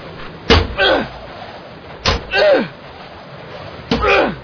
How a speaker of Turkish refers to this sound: Ellerimize ne kadar vursak içeridekileri duyuramayız. Sanırım haklısın. İşte kol demirini buldum. Vur bakalım kapıya.